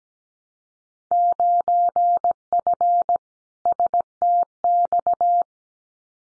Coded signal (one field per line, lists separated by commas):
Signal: Morse code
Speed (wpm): 17 wpm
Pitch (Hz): 700 Hz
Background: none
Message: 9F STX